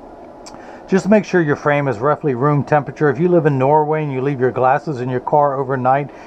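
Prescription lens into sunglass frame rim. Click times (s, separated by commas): 0.5 s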